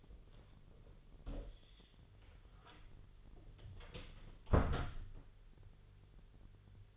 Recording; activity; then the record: daily activity, microphone in the room; close door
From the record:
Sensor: 4